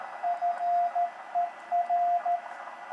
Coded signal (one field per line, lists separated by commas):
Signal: Morse code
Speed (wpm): 13 wpm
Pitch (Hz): 700 Hz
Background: radio noise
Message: FER